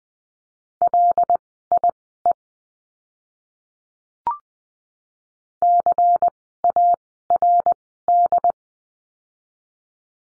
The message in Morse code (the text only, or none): LIE CARD